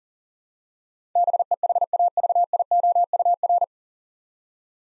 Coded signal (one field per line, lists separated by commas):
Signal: Morse code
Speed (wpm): 43 wpm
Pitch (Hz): 700 Hz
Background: none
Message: BEHAVIOUR